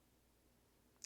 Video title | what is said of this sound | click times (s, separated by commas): GI Joe Classified Road Pig & Rawkus Review | this is supposed to slide up and then it's going to slide back down and to lock into place. | 1.0 s